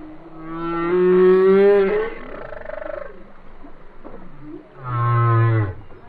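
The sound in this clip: Whale song: a steady harmonic moan swelling then fading, a softer wavering tone, then a deep rumbling call near the end.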